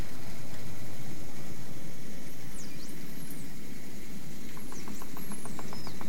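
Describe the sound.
Dolphin whistles, high thin sweeping tones rising and falling, followed by a short regular series of clicks near the end over steady background hiss.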